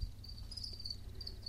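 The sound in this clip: House cricket chirps, thin high-pitched trilled phrases repeating in quick succession over a low droning background.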